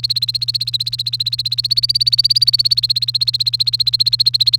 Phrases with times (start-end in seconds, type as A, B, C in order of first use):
0.00-4.56 A